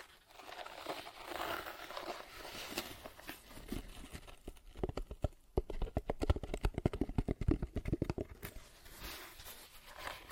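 Soft scratching and rustling for the first few seconds gives way to a dense run of sharp taps, then quieter scratching returns near the end.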